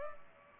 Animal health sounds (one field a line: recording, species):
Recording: mosquito wingbeat signal from an infrared sensor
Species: Culex pipiens